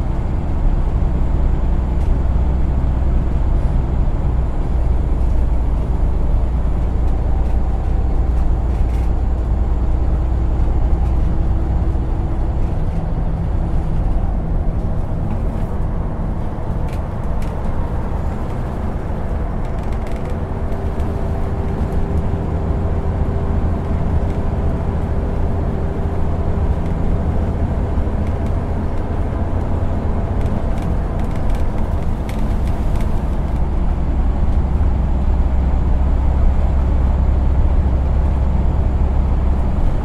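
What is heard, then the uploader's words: A bus ride heard from inside: a steady, dense engine rumble fills the low end for the full forty seconds, with faint tonal hums shifting in pitch as the vehicle changes speed. Small rattles and clicks surface now and then, mostly between fifteen and thirty-three seconds. Bus Ride.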